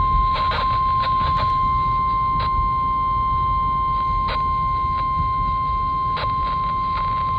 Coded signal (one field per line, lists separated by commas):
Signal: Emergency Alert System (SAME) tones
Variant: 1050 Hz attention tone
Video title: KXI42 Required Weekly Test. 11/26/25 EAS #518